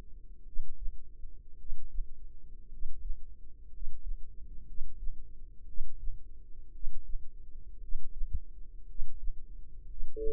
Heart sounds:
heart sounds by microphone in the left ear; 57 bpm
0.43 s: heartbeat
1.56 s: heartbeat
2.68 s: heartbeat
3.69 s: heartbeat
4.64 s: heartbeat
5.64 s: heartbeat
6.71 s: heartbeat
7.78 s: heartbeat
8.85 s: heartbeat
9.85 s: heartbeat
From the record:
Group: healthy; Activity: rest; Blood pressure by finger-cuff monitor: 109/55 mmHg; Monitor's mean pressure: 68 mmHg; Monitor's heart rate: 57 bpm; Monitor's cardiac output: 5.1 L/min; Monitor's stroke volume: 86 mL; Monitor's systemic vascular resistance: 960 dyn s/cm5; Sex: male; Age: 25 years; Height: 170 cm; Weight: 70.4 kg

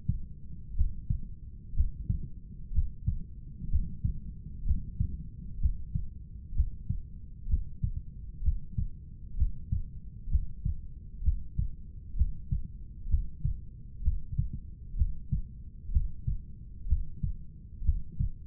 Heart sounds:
heart sounds by stethoscope; 63 bpm
0.77 s: heartbeat
1.76 s: heartbeat
2.74 s: heartbeat
3.71 s: heartbeat
4.66 s: heartbeat
5.61 s: heartbeat
6.56 s: heartbeat
7.49 s: heartbeat
8.44 s: heartbeat
9.38 s: heartbeat
10.31 s: heartbeat
11.24 s: heartbeat
12.17 s: heartbeat
13.10 s: heartbeat
14.04 s: heartbeat
14.97 s: heartbeat
15.92 s: heartbeat
16.89 s: heartbeat
17.85 s: heartbeat
From the record:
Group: heart failure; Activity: Valsalva maneuver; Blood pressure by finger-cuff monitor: 115/83 mmHg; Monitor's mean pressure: 93 mmHg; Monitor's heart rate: 64 bpm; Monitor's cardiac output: 5.1 L/min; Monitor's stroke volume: 81 mL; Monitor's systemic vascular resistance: 1320 dyn s/cm5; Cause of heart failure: idiopathic cardiomyopathy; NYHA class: 1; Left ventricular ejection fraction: 50%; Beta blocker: bisoprolol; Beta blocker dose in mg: 5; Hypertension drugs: candesartan, spironolactone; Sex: male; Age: 54 years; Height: 180 cm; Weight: 94.6 kg

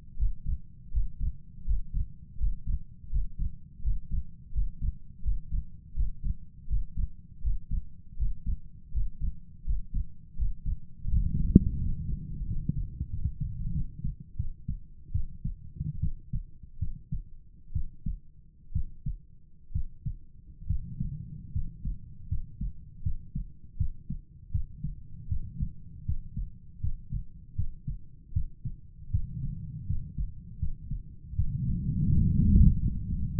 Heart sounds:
heart sounds by stethoscope; 79 bpm
0.17 s: heartbeat
0.91 s: heartbeat
1.65 s: heartbeat
2.38 s: heartbeat
3.10 s: heartbeat
3.82 s: heartbeat
4.52 s: heartbeat
5.22 s: heartbeat
5.94 s: heartbeat
6.68 s: heartbeat
7.41 s: heartbeat
8.17 s: heartbeat
8.92 s: heartbeat
9.64 s: heartbeat
10.36 s: heartbeat
11.09 s: heartbeat
11.79 s: heartbeat
12.46 s: heartbeat
13.10 s: heartbeat
13.72 s: heartbeat
14.36 s: heartbeat
15.12 s: heartbeat
16.00 s: heartbeat
16.79 s: heartbeat
17.73 s: heartbeat
18.72 s: heartbeat
19.72 s: heartbeat
20.67 s: heartbeat
21.52 s: heartbeat
22.28 s: heartbeat
23.03 s: heartbeat
23.77 s: heartbeat
24.52 s: heartbeat
25.28 s: heartbeat
26.05 s: heartbeat
26.81 s: heartbeat
27.56 s: heartbeat
28.33 s: heartbeat
29.11 s: heartbeat
29.87 s: heartbeat
30.59 s: heartbeat
31.35 s: heartbeat
32.09 s: heartbeat
32.79 s: heartbeat
From the record:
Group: healthy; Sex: male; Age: 35 years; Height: 178 cm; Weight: 64 kg

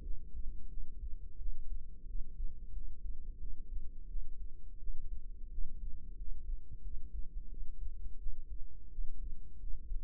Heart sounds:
heart sounds by microphone in the right ear; 88 bpm
0.02 s: heartbeat
0.68 s: heartbeat
1.37 s: heartbeat
2.06 s: heartbeat
2.72 s: heartbeat
3.38 s: heartbeat
4.07 s: heartbeat
4.78 s: heartbeat
5.49 s: heartbeat
6.16 s: heartbeat
6.81 s: heartbeat
7.48 s: heartbeat
8.17 s: heartbeat
8.89 s: heartbeat
9.58 s: heartbeat
From the record:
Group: healthy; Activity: rest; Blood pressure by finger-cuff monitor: 87/45 mmHg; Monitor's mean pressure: 63 mmHg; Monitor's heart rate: 88 bpm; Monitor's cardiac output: 9 L/min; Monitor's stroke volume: 101 mL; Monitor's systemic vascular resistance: 500 dyn s/cm5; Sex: female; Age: 22 years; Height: 161 cm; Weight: 65.5 kg

